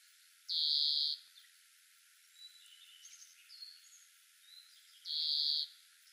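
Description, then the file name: European greenfinch giving two drawn-out, nasal, buzzy wheezes about four and a half seconds apart, with a few faint thin chirps between them over steady background hiss. "Chloris chloris"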